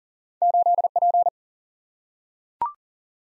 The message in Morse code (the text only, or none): 8 P